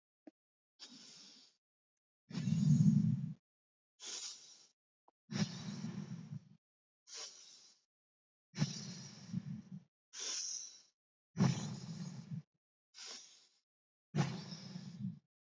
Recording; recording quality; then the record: deep breathing; excellent, no background noise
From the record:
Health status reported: COVID-19 positive, no symptoms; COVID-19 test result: positive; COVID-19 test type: RT-PCR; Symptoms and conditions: fever, fatigue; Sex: female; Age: 24 years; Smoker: no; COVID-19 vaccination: both doses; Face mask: not worn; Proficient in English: yes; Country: India